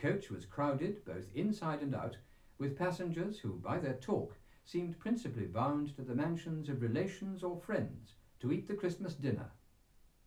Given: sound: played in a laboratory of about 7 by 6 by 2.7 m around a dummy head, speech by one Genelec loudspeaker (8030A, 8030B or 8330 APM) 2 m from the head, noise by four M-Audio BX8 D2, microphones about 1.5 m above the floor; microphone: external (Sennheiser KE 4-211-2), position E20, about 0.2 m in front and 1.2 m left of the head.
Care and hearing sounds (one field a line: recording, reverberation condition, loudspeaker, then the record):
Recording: male speech in English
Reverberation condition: low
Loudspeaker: 90 degrees to the right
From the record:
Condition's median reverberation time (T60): about 310 ms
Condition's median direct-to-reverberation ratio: about 3.5 dB